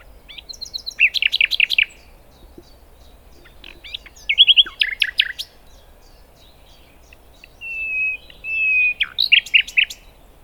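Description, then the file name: Common nightingale in full song: two loud rapid rattling note series, then two long pure whistles followed by a fast repeated burst, phrases spaced a couple of seconds apart. "Luscinia megarhynchos"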